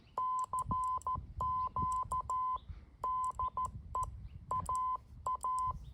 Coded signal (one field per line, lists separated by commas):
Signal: Morse code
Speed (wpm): 14 wpm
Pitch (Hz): 1020 Hz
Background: none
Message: CQ DE AA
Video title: A trip to the back yard hamming - MFJ-9040 Station